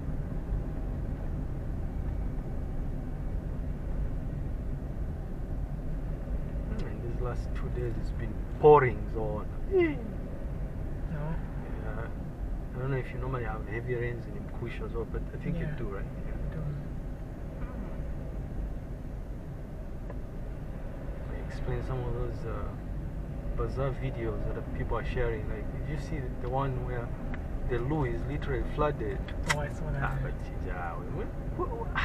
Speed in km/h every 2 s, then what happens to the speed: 24, 22, 22, 21, 21, 21, 20, 20, 19, 20, 19, 20, 23, 23, 24, 24.
0-32 steady at about 21.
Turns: none.